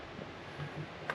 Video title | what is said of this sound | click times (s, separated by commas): Camping trip to Shenandoah & Smoky Mountains National Parks | you just snap right in | 1.1 s